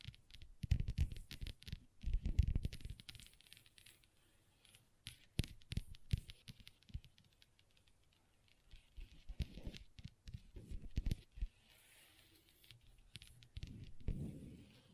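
Long nails tap and scratch across a table in uneven clusters of sharp clicks and rasping scrapes, with quiet pauses around four, seven and twelve seconds. Bursts come fast and irregular, carrying a low thud beneath bright, crisp ticks.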